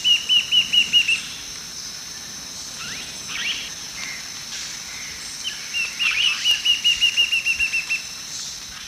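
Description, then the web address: Lineated woodcreeper giving fast, even trills of clear high notes, one short burst at the start and a longer run near the end, over a steady high drone. Calls and song, eastern lowlands of South America. "Natures Songs S America Eastern Lowlands 285-05 Lepidocolaptes albolineatus, calls and song"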